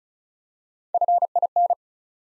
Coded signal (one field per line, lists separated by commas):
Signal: Morse code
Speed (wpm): 36 wpm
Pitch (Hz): 700 Hz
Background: none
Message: FIN